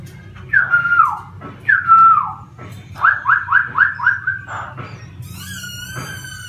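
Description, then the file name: Laughingthrush singing two slurred, falling whistles, then a quick run of several descending notes and a final thin whistle, over a faint hum. Song in the 'giọng rừng' (wild voice) style. "Tieng khuou hot giong rung"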